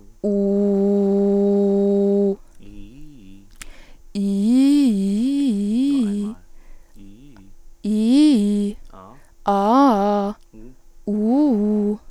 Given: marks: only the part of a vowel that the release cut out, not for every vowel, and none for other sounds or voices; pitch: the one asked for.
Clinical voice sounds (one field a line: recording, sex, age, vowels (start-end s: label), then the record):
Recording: sustained vowels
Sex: female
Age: 20 to 29 years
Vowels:
0.39-2.24 s: vowel /u/, low pitch
7.90-8.68 s: vowel /i/, low-high-low pitch
9.55-10.26 s: vowel /a/, low-high-low pitch
11.14-11.90 s: vowel /u/, low-high-low pitch
From the record:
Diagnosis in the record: singing voice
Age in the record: 28 years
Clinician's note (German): Stroboskopisch Normalbefund